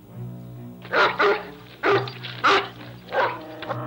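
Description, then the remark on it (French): A dog barks sharply about six times in uneven bursts, each bark loud and rough, over a steady low hum in the background. “Tu entends ? La chienne du monde.”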